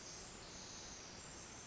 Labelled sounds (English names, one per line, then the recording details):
Pacific Wren
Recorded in Sonoma County, California